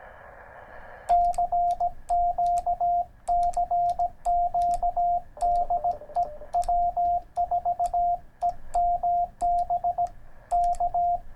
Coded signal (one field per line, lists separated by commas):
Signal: Morse code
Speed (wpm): 17 wpm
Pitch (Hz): 700 Hz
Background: radio noise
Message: CQ CQ DE W4EMB K